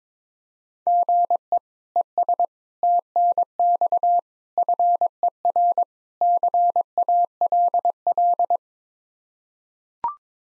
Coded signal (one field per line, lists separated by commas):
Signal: Morse code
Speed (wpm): 22 wpm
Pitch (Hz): 700 Hz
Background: none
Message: GE ES TNX FER CALL